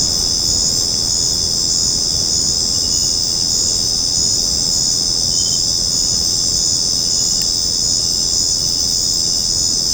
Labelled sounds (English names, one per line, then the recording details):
none
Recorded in secondary vegetation near Puerto Asís, Putumayo, Colombia, on 8 March 2025 at 19:00
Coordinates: 0.481, -76.318
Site G097